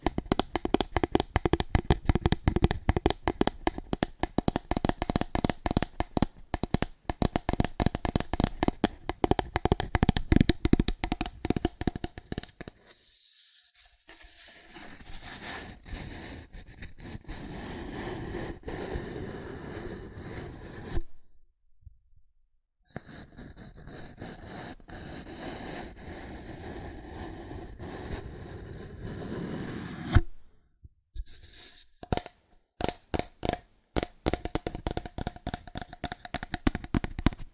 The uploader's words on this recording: ASMR Fast Aggressive Cardboard Tapping (No Talking).